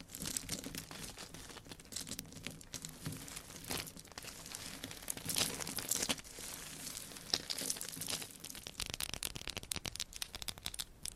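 Scratching and tapping noises fill the whole stretch, a dense run of short crisp strokes and crinkly rustles with no pause. Brighter bursts of scraping cluster around the middle and again near the end, over a soft low thudding that stays steady underneath.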